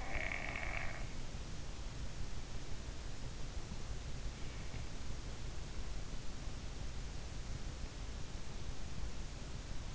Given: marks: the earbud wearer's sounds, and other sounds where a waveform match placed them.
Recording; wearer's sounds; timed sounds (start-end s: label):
sounds in sleep by an in-ear microphone; snoring breath
0.00-1.01 s: snoring breath